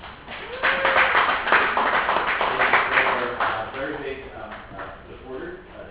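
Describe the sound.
An audience claps steadily for several seconds for representatives of the New York Folk Arts Society, a dense wash of many hands that gradually thins and softens, with voices briefly audible over the applause.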